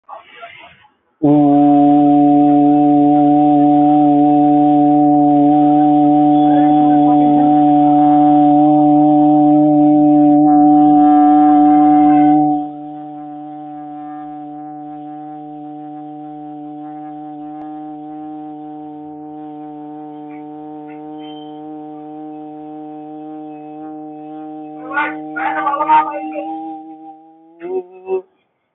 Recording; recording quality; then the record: sustained vowel as in boot; excellent, no background noise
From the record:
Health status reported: healthy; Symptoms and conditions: none ticked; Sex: male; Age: 24 years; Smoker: not ticked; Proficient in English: yes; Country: India